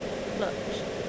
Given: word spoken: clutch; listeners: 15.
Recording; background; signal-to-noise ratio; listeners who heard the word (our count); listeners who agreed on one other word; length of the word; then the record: one English word in noise, from a listening test; speech-shaped noise; -4.7 dB; 3 of 15; 6 of 15; 0.69 s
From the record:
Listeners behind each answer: 6, 3, 2, 2, 1, 1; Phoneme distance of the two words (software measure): 14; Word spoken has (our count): 1 syllable, 4 phonemes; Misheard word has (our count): 1 syllable, 4 phonemes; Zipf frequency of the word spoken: 3.54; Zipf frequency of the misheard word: 4.72